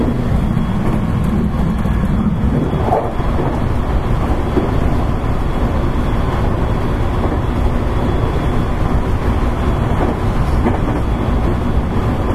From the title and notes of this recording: JR西日本223系 JR神戸線快速 神戸から大阪まで. JR西日本223系電車の走行音です。 JR神戸線の快速列車で録音しました。 Running noise of JR West 223 series train.